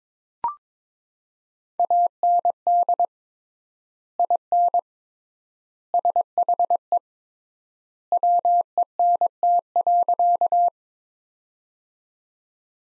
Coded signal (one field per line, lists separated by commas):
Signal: Morse code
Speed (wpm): 22 wpm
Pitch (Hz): 700 Hz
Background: none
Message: AND IN SHE WENT.